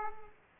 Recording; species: mosquito wingbeat signal from an infrared sensor; Aedes aegypti